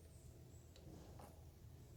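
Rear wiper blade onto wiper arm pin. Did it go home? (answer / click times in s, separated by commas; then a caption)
no / none. A rear wiper blade is lined up on the wiper arm pin of a Bronco Sport, with faint handling noises over a low steady hum: a tiny tick at about 0.8 s and a soft brushing scrape at about 1.2 s. Nothing has seated or clicked yet.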